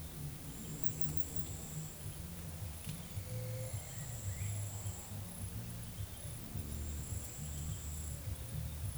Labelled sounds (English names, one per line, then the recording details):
none
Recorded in forest near Pivijay, Magdalena, Colombia, on 4 June 2023 at 14:30
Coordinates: 10.467, -74.380
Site Z5-G034